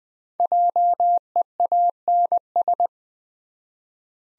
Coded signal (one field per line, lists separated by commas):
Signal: Morse code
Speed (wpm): 20 wpm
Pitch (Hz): 700 Hz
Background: none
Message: JEANS